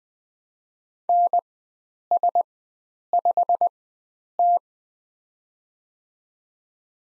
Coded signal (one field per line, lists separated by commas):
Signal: Morse code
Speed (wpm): 20 wpm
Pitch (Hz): 700 Hz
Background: none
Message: NS5T